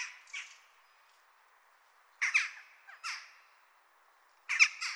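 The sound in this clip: Jackdaw calls: clipped, harsh chak notes in small clusters separated by silent gaps, with a louder double note near the end.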